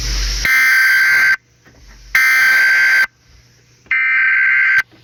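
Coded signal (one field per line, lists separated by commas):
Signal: Emergency Alert System (SAME) tones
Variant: header bursts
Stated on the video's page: Fictional zombie EAS civil warning.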